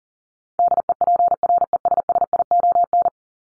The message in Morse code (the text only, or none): DEPRESSION